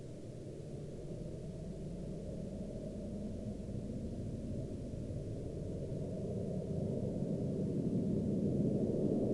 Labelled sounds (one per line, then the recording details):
aircraft
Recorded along the Dempster Highway, Canada, on 1 May 2019 at 01:15
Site 16